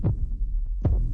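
An adult's heartbeat.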